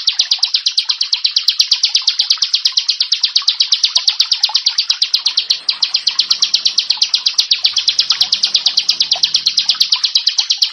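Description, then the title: Prinia singing quick, regular high chip notes in a long series, pausing briefly once before resuming. "Ciblek Sawah"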